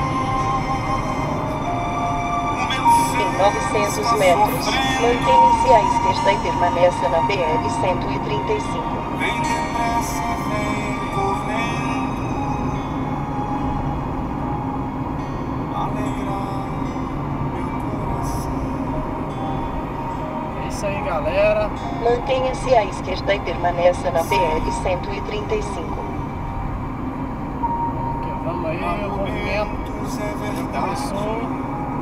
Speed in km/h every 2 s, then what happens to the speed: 112, 109, 106, 104, 105, 106, 105, 106, 106, 106, 104, 101, 97, 96, 97, 98.
0-5 slows to 104. 5-18 steady at about 106. 18-25 slows to 96. 25-32 steady at about 97.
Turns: none.